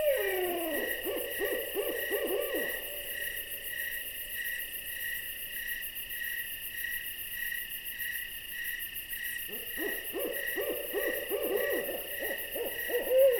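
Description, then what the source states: Owl hooting in rapid quavering runs at the start and again near the end, separated by several seconds of steady insect buzzing. An owl visiting.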